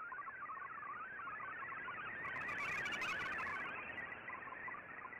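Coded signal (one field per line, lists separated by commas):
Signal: multi-tone FSK (Olivia or MFSK type)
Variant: MFSK32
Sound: rapid burbling stream of hopping musical tones over shortwave hiss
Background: radio static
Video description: Here is my decode of the Shortwave Radiogram broadcast today on 15770Khz shortwave radio at 1330UTC in MFSK32 and 64 with 10 SSTV images.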